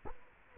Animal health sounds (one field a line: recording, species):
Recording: mosquito wingbeat signal from an infrared sensor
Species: Culex quinquefasciatus